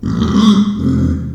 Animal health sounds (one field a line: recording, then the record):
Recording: squeal of a Yucatan mini pig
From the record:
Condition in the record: after surgery on the right vocal fold (resection and tissue-engineered implant)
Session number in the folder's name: 13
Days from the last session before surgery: 113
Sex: female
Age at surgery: 19 weeks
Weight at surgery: 25 kg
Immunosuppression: prednisolone